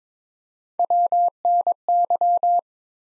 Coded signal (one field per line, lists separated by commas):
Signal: Morse code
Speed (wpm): 21 wpm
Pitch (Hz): 700 Hz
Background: none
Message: WNY